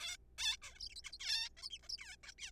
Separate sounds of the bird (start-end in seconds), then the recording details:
0.01-0.16, 0.38-0.57, 0.62-0.78, 0.80-0.89, 0.90-0.95, 0.96-1.01, 1.04-1.11, 1.13-1.18, 1.20-1.49, 1.57-1.70, 1.71-1.78, 1.83-1.88, 1.90-1.97, 1.98-2.16, 2.23-2.34, 2.39-2.51. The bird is a juvenile. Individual R3428